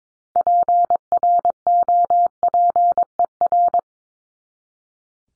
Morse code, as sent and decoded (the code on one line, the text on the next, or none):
.--. .-. --- .--. . .-.
PROPER